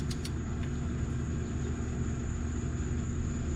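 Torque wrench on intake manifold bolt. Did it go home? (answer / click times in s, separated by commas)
no / none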